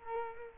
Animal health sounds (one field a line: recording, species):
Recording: mosquito wingbeat signal from an infrared sensor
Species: Culex quinquefasciatus